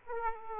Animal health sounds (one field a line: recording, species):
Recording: mosquito wingbeat signal from an infrared sensor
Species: Aedes aegypti